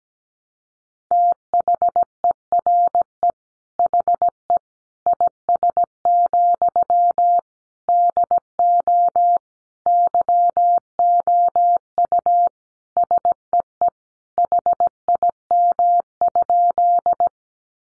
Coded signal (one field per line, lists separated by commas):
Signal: Morse code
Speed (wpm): 17 wpm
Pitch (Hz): 700 Hz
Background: none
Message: THERE HE IS, DO YOU SEE HIM?